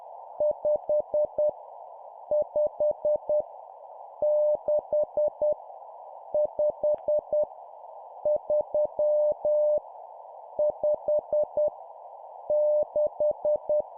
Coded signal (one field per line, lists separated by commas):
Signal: Morse code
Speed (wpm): 10 wpm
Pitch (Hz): 600 Hz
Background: none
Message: 5 5 6 5 3 5 6